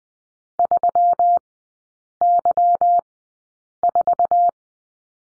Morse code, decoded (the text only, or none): 3Y4